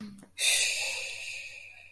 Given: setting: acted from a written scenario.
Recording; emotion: vocal sound without words; relief